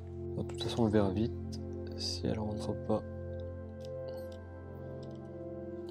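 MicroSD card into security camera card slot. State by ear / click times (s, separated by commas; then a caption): not seated / none. Someone talks over steady background music while lining up a microSD card at a security camera's card slot, checking which way it goes before pressing it in. A brief sharp sound comes at 0.5 s, but the card has not yet been pressed in and no latch click is heard.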